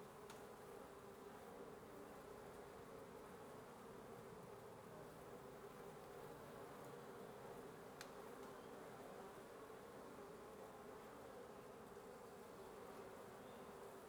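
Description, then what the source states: Swarming wasps giving a constant low droning buzz, with a sharp click near the start and another around the middle. Wasp nest under the roof of a residence at 1a Avenida Nte 19, Antigua Guatemala, Guatemala; recorded in the morning.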